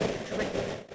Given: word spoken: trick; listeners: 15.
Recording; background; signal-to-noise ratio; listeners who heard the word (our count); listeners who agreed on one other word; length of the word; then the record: one English word in noise, from a listening test; noise modulated by three-talker babble; -6.0 dB; 0 of 15; 6 of 15; 0.55 s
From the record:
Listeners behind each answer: 6, 3, 3, 1, 1, 1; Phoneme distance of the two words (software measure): 20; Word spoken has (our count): 1 syllable, 4 phonemes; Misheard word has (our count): 1 syllable, 4 phonemes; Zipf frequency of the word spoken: 4.62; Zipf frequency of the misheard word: 3.60